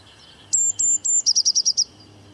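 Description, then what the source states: Eurasian blue tit song: three thin high notes followed by a quick trill of six sharp, metallic pulses, all in under two seconds. Played back to compare with a bird the speakers think they heard; described as a very metallic sound.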